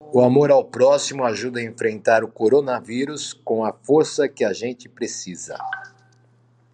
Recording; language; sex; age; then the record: spoken sentence; Brazilian Portuguese; male; 50 to 59 years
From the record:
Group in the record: control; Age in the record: 56 years